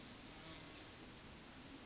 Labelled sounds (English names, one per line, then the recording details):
Yellowhammer song
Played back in forest
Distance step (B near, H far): E
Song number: 156